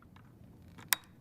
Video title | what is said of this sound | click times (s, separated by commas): Trilogy 100 Overview and Setup | you should hear a click and see the tab at the top of the port pop up | 0.9 s